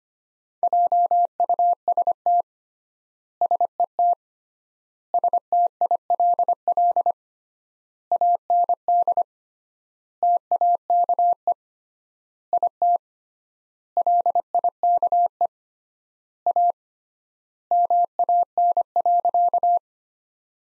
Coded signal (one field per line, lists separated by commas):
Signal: Morse code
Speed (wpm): 25 wpm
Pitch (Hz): 700 Hz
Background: none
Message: JUST SET STILL AND TAKE IT LIKE A MAN.